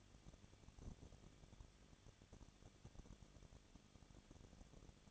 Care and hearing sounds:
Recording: daily activity, microphone in the room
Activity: no activity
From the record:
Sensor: 4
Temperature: 23.1 degrees Celsius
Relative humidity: 34.0%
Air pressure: 1007.2 hPa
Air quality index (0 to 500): 216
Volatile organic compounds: 15 ppm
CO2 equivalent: 2500 ppm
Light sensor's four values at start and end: 2/3/1/1 and 2/3/1/1

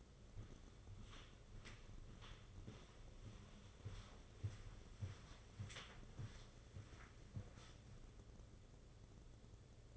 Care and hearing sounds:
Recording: daily activity, microphone in the room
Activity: walk to room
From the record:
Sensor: 4

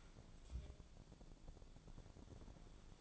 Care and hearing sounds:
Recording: daily activity, microphone in the room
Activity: take from stove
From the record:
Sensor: 5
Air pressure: 1000.0 hPa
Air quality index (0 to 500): 94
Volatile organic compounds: 1 ppm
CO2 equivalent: 771 ppm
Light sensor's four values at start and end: 394/926/403/457 and 391/923/401/453

